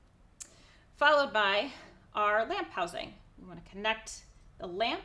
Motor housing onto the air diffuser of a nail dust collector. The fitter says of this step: making it really easy to just click into place.